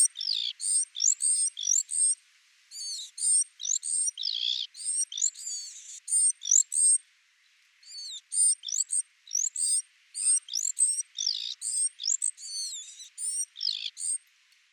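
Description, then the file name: Great tit calls as bursts of high, sharp chirps and rising-falling whistled notes, delivered in rapid clusters with a short pause partway through. "Parus major"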